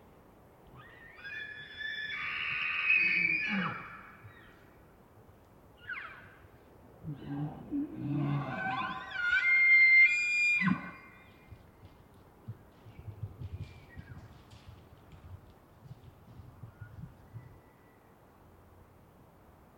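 Elk call across a quiet open area: a long, rising scream from about 1 to 4 seconds, then a louder bugle with a high whistling peak around 8 to 11 seconds. Between and after, softer low grunts and chirps come and go over faint background rumble.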